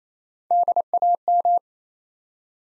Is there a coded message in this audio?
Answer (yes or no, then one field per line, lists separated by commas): yes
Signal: Morse code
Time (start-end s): 0.5-1.6 s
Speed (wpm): 27 wpm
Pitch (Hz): 700 Hz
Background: none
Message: DAM